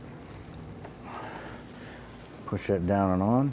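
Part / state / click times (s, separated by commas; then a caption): electrical connector onto AC pressure switch / not seated / none. A plastic electrical connector is lined up on the AC pressure switch on the AC line of a 1999–2004 Jeep Grand Cherokee 4.7L V8, with only a steady low background hum and two faint short handling ticks around 0.5 and 0.9 seconds. Someone talks near the end of the clip. The connector has not been pushed home and nothing has clicked yet.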